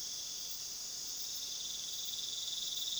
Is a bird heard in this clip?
no